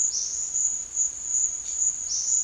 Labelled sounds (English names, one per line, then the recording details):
Olive-faced Flatbill
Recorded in pastures near Puerto Asís, Putumayo, Colombia, on 27 June 2025 at 14:30
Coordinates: 0.502, -76.324
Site G010